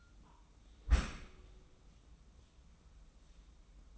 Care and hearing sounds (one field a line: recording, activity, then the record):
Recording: daily activity, microphone in the room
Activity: close dishwasher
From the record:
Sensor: 1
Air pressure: 994.4 hPa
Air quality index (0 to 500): 219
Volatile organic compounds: 1000 ppm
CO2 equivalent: 7884 ppm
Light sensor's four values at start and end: 152/349/156/174 and 138/315/141/155